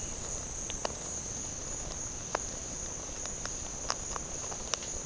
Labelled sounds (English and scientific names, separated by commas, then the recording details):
none
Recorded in pastures near Puerto Asís, Putumayo, Colombia, on 25 June 2025 at 11:00
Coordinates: 0.496, -76.326
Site GP01